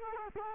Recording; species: mosquito wingbeat signal from an infrared sensor; Culex quinquefasciatus